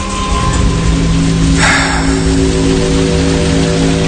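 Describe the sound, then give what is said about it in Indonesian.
Heavy rain pours outside a shop near midnight, splashing everywhere in a steady, dense hiss with a low rumbling undertone. A louder burst of splashing joins briefly midway. “Duh, hujan kayak gini sih lama.”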